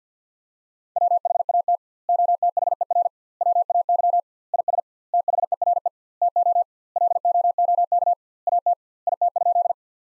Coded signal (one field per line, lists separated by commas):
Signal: Morse code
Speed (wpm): 50 wpm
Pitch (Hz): 700 Hz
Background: none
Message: WHAT OTHER WAY IS THERE TO LOOK AT IT?